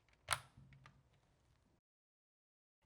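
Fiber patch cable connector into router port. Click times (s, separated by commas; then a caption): 0.3 s. A fiber patch cable connector, its ridge facing up, is pushed into the port of the second router model. A loud, sharp snap at 0.3 s shows it seating in place, followed by two faint ticks near 0.7 and 0.9 s and a low hum before silence.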